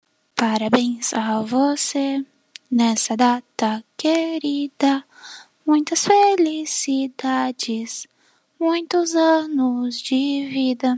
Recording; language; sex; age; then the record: short text; Brazilian Portuguese; female; 20 to 29 years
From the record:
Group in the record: control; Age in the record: 20 years